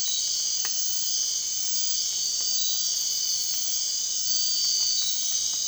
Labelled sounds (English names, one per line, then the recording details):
none
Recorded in dense forest near Puerto Asís, Putumayo, Colombia, on 24 March 2025 at 00:30
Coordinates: 0.499, -76.324
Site GP03